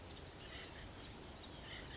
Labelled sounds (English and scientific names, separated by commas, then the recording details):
Blue-gray Gnatcatcher (Polioptila caerulea)
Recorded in Sonoma County, California